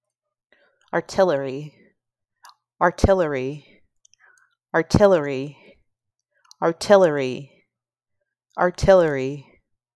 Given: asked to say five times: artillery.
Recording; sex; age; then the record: repeated word; female; 30 to 39 years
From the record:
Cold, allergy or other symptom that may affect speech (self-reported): no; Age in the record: 35 years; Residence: Ohio, United States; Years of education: 16